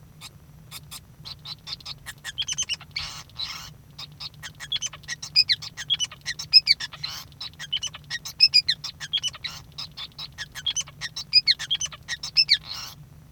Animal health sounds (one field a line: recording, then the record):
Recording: song of a male Bengalese finch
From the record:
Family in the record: son of father 5